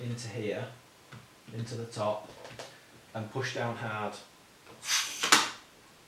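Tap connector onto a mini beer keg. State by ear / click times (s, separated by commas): seated / 5.3 s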